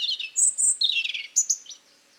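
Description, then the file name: European robin song, a quick run of thin, high whistles and tinkling notes that tumble downward, then a few brief sharp high notes before falling quiet. "Erithacus rubecula"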